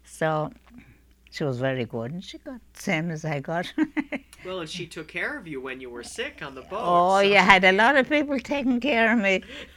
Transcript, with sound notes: So, she was very good, and she got the same as I got. ( she laughs )
Well, if she took care of you when you were sick on the boat, so...
Oh, I had a lot of people taking care of me.